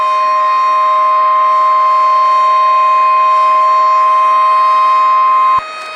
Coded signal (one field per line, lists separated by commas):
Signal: Emergency Alert System (SAME) tones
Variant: 1050 Hz attention tone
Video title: MOCK EAS TORNADO EMERGENCY ABILENE TX